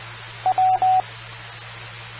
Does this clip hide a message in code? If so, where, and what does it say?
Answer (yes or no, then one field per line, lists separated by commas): no